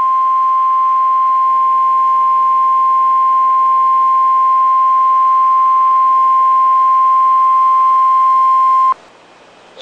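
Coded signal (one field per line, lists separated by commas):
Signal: Emergency Alert System (SAME) tones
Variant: 1050 Hz attention tone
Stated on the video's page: A fictional EAS scenario.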